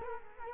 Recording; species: mosquito wingbeat signal from an infrared sensor; Culex quinquefasciatus